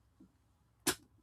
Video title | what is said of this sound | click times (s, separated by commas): Let's Color! | See, did you hear it snap up? | 0.9 s